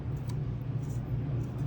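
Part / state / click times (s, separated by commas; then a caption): folding stock hinge locking open on a pistol stock adapter / seated / 0.3 s. A button is pressed and a GlockNStock folding pistol stock adapter is gently pushed forward to unfold, an easy, lightweight motion chosen because it helps with a disability. A short, sharp click at 0.3 s marks the hinge locking open over a steady low rumble. The stock is seated, locked fully open.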